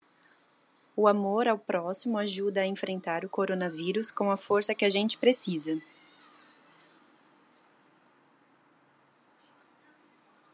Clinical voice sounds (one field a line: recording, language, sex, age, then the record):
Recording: spoken sentence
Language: Brazilian Portuguese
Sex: female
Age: 20 to 29 years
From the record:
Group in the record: control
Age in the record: 28 years